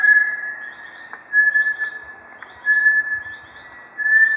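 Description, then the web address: Bartlett's tinamou calling with a series of pure, level whistles, repeated several times. "sound Bartlett's-tinamou. صدای-پرنده-وشم-بارتلت"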